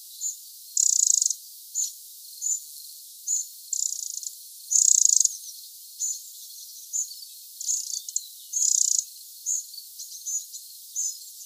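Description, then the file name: Eurasian wren giving high short ticking notes, interspersed with several longer, harsh churring rattles. "Troglodytes troglodytes"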